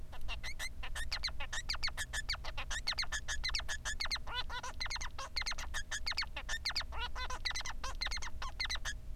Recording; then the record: song of a male Bengalese finch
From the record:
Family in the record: son of father 3